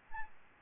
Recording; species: mosquito wingbeat signal from an infrared sensor; Aedes albopictus